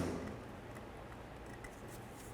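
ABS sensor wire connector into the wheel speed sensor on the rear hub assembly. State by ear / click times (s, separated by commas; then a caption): not seated / none. An ABS sensor wire connector is handled and lined up with the wheel speed sensor on the rear hub assembly of a 2012–2017 Toyota Camry. Low, steady handling noise is heard, with a brief small tap at 1.6 seconds. The connector has not been pushed home or clicked yet.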